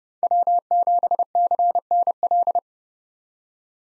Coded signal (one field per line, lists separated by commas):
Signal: Morse code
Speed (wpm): 30 wpm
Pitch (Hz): 700 Hz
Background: none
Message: W7CNL